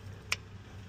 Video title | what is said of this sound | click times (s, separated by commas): 2014 - 2016 Hyundai Sonata Check Engine Code P0128 | All right. I hear the click. | 0.3 s